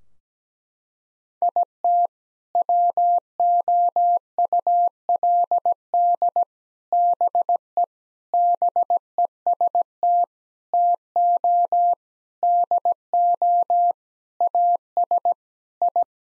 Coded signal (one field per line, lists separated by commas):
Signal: Morse code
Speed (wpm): 17 wpm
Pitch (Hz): 700 Hz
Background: none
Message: IT WOULD BE BEST TO DO AS I